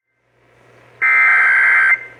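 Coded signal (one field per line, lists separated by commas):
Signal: Emergency Alert System (SAME) tones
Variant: header bursts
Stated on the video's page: AMBER Alert child abduction emergency relayed on WBAP-AM.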